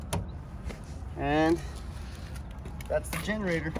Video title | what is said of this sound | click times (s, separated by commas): Mobile Library Center for Calvert County - Training Video | Push that in, twist these back up, you'll hear a little click, | 0.1 s